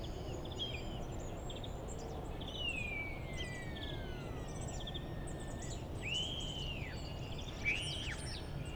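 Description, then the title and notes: Common starling song with long sliding whistles, arched upslurred and downslurred notes and scattered high clicks, all over constant low background noise. Starlings outside a window in rural Goworów, Poland, mimicking various other species; rural birds imitate other birds, not car alarms; recorded with Zoom F4 and AT BP4025. "Goworów 6, 57-515, Poland - Starlings mimicking other species. Zainstalowały mi się za oknem szpaki i udają najróżniejsze inne dźwięki. Obok wcale nie ma stawu - to szpaki udają żaby. Tak samo z wołaniem żurawi - to słabsze głosy, ale ewidentny zaśpiew żurawia"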